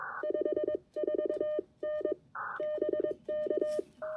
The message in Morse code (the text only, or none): 54N BK